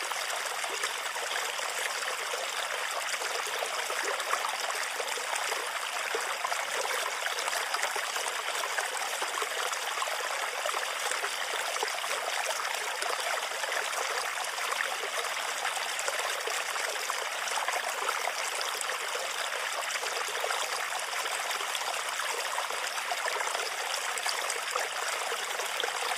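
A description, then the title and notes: Water from a bamboo fountain runs in a steady, unbroken trickle, bright and hissy with almost no low rumble. The splashing stays dense and even for the whole stretch, with no separate knocks or pauses standing out. Sleep Sounds Bamboo Water Fountain.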